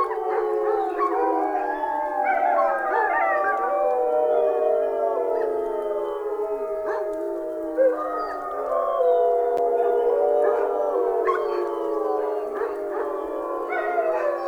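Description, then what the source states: Wolf: wolves howling in chorus, many long overlapping wavering tones that slide up and down together without pause. Several wolves howling together, described as howling at the moon.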